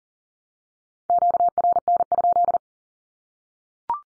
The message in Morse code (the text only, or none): QRN?